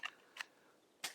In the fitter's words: You guys can hear it click in there.